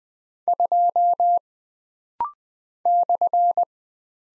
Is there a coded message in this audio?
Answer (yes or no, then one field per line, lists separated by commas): yes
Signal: Morse code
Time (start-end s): 0.5-3.6 s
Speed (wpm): 20 wpm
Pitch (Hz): 700 Hz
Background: none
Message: 2 /